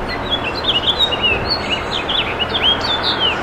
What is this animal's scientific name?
Haemorhous mexicanus